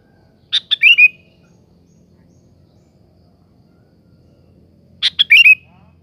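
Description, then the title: Sooty-headed bulbul giving a short bubbly song phrase of clipped notes ending in a slurred whistle, repeated once about four and a half seconds later; otherwise quiet. "Kutilang"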